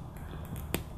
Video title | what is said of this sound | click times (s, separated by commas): How To - Terminate a Two-Piece High Performance Cat6 Connector | and right there it snapped makes sort of a snap and it's ready to go | 0.7 s